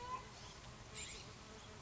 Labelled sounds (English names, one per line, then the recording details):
California Scrub-Jay
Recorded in Sonoma County, California